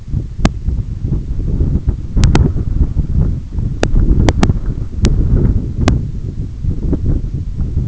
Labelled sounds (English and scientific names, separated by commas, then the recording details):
none
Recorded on Arctic tundra, site EABA-1, on 20 June 2018
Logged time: 18:00